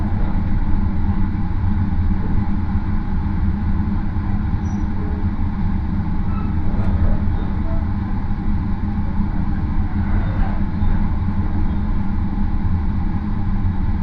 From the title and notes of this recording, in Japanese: 予讃線 快速マリンライナー40号 高松→岡山。5両編成ですが、1両はグリーン＋指定で実質は4両が自由席です。日も暮れてしまった。